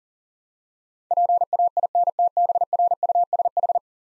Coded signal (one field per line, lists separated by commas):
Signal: Morse code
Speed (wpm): 42 wpm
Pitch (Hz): 700 Hz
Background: none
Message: PAINTBRUSH